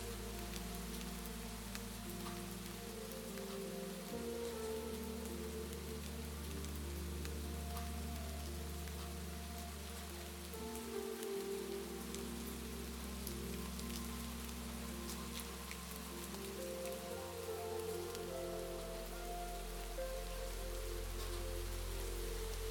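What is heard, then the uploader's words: A soft, slow melody of sustained low tones shifts chords near 4, 11 and 17 seconds, over a steady patter of raindrops. A soothing melody that delicately blends with the raindrops.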